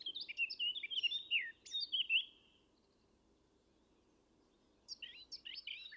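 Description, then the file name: Eurasian blackcap singing a quick warbled phrase, silence for nearly three seconds, then the start of another phrase. "Sylvia atricapilla"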